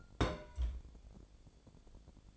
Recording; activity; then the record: daily activity, microphone in the room; place on stove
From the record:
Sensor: 5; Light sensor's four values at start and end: 283/655/287/323 and 283/652/287/323